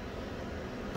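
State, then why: Not seated. A metal bobbin hook is tipped into the hook race of a Bernina sewing machine while the hand wheel is turned to bring it into place. Only a steady, broadband rushing noise is heard, with no distinct clicks or speech. Nothing has seated or clicked yet.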